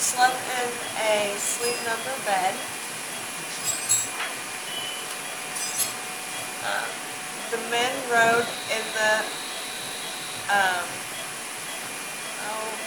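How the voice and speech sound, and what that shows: A 32-year-old woman with a left posterior temporal lobe tumor, during awake language mapping of Wernicke's cortex, reads sentences fluently. When cortical stimulation is applied mid-sentence she stalls with 'um' and long pauses, still able to read but unable to name the object: stimulation-induced anomia.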